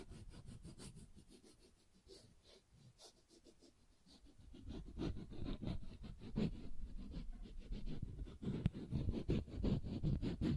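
Tapping and scratching on textured surfaces, quick irregular clicks and rustles, quieter for the first four seconds, then denser and louder with low thumps.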